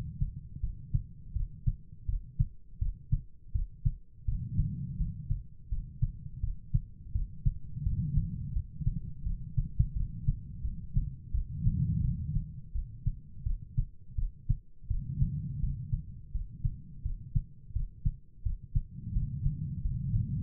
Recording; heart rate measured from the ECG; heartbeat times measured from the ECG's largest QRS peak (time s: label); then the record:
heart sounds by stethoscope; 84 bpm
0.60 s: heartbeat
1.32 s: heartbeat
2.05 s: heartbeat
2.78 s: heartbeat
3.51 s: heartbeat
4.24 s: heartbeat
4.96 s: heartbeat
5.68 s: heartbeat
6.40 s: heartbeat
7.11 s: heartbeat
7.82 s: heartbeat
8.52 s: heartbeat
9.23 s: heartbeat
9.93 s: heartbeat
10.61 s: heartbeat
11.31 s: heartbeat
12.01 s: heartbeat
12.72 s: heartbeat
13.43 s: heartbeat
14.15 s: heartbeat
14.87 s: heartbeat
15.59 s: heartbeat
16.31 s: heartbeat
17.02 s: heartbeat
17.72 s: heartbeat
18.42 s: heartbeat
19.12 s: heartbeat
19.81 s: heartbeat
From the record:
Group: healthy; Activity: rest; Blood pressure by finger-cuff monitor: 88/54 mmHg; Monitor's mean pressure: 68 mmHg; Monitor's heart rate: 84 bpm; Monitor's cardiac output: 6.7 L/min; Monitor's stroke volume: 79 mL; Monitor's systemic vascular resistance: 710 dyn s/cm5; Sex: female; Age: 43 years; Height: 160 cm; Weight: 90 kg